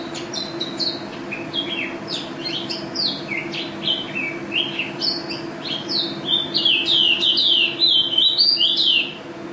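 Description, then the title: White-eye song: rapid, high twittering phrases of sliding chirps that grow louder and denser toward the end, with a constant low hum behind. Contest bird and national first-place champion; song described as gacor (singing constantly), teler and ropel, filled with canary phrases (isian kenari); video from 2015. "Pleci Juara 1 Nasional pleci Gacor juara nasional teler gacor ropel pleci isian kenari Video 2015"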